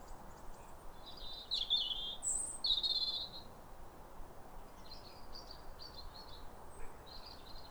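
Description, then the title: European robin singing short, high, sweet warbled phrases, then fainter phrases, against constant low noise. Pair of robins in neighbouring gardens singing as if duetting, clear calm rosy sunrise after weeks of rain, New Year, winter, welcoming the early sun. "Sound Escape 150: Be uplifted by a chorus of New Year's robins"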